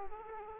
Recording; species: mosquito wingbeat signal from an infrared sensor; Aedes aegypti